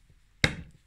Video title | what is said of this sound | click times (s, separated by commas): Stift und Papierblock unboxing | Habt ihr das Knacken gehört? | 0.4 s